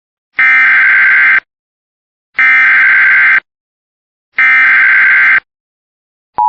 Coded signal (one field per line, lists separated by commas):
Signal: Emergency Alert System (SAME) tones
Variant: header bursts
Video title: EAS | Flash Flood Emergency for Oakland City, IN